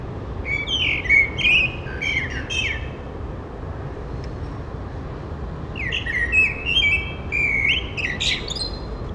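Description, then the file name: Eurasian blackbird singing two separate phrases several seconds apart, each a run of fluty whistles mixed with high scratchy twitters, with a quiet gap between them. "Turdus merula"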